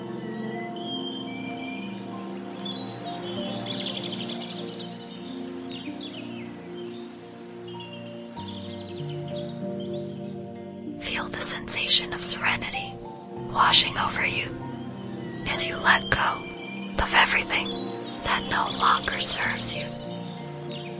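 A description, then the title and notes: Soft, low piano chords sustain throughout, and from about eleven seconds bright, splashing water bursts arrive in quick, irregular clusters. Soothing piano & soft water sounds.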